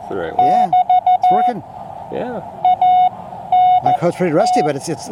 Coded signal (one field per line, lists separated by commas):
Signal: Morse code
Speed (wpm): 14 wpm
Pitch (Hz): 730 Hz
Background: speech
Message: <BT> ANT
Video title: Hot RF Nights 2022: Sierra Foothills ARC's Annual Car (Radio) Show